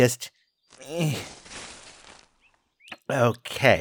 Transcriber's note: grass sliding